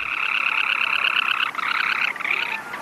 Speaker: This tiny semi-palmated sandpiper, the size of a sparrow, spends many hours every day over its territory, hovering and cruising and issuing this call, the motorboat call.